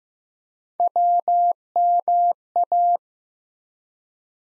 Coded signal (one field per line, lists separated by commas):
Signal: Morse code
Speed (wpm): 15 wpm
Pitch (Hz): 700 Hz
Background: none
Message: WMA